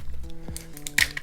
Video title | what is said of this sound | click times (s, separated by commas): Sky Viper v2400HD drone modifications - LED's, Controller Antenna, Battery | and you just snap it off and it really holds | 1.0 s